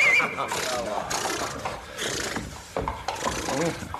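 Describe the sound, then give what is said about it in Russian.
A horse whinnies with a quavering, high-pitched neigh amid steady rustling and scraping noise, with murmuring voices underneath throughout. “Очень, очень хорошая, статистая лошадь.”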